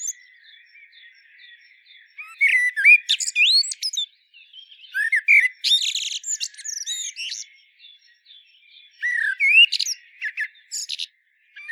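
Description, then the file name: Common blackbird singing three phrases of varied, mellow whistles, each trailing off into thin, high squeaks and chattering twitters. "Turdus merula"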